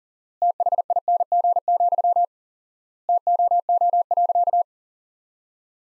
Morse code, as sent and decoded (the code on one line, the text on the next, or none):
- .... .. -. --. --..-- / - --- --- .-.-.-
THING, TOO.